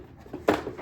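On a Kid Trax Flybar 12V Glow ATV ride-on toy, the second of two plastic mounting points on the steering lever is pushed into the underside of the plastic body. A faint knock at 0.3 s is followed by a sharp plastic pop at 0.5 s as the mount snaps into place. The second pop confirms it is seated.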